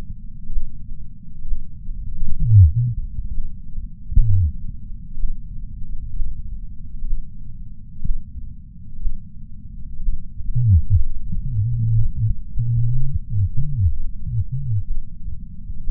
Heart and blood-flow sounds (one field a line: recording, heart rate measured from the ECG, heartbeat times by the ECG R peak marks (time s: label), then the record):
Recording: heart sounds by patch sensor on the chest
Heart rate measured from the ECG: 63 bpm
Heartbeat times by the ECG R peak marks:
0.52 s: heartbeat
1.47 s: heartbeat
2.38 s: heartbeat
3.33 s: heartbeat
4.24 s: heartbeat
5.19 s: heartbeat
6.15 s: heartbeat
7.06 s: heartbeat
8.05 s: heartbeat
9.01 s: heartbeat
10.02 s: heartbeat
10.95 s: heartbeat
11.94 s: heartbeat
12.91 s: heartbeat
13.88 s: heartbeat
14.86 s: heartbeat
15.83 s: heartbeat
From the record:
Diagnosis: coronary artery disease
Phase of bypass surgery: preoperative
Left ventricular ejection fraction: 60.1%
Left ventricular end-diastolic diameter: 44 mm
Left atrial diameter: 36 mm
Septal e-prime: 5.8 cm/s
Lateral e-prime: 7 cm/s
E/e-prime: 8.9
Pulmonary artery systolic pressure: 24 mmHg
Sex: male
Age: 73 years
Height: 168 cm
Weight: 62 kg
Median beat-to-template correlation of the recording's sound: 0.94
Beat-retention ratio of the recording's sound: 0.98